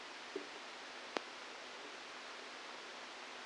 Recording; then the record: brain microelectrode recording played as sound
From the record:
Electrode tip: outside the subthalamic nucleus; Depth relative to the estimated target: 3 mm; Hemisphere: left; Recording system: NeuroSet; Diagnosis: Parkinson's disease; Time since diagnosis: 12 years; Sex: male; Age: 61 years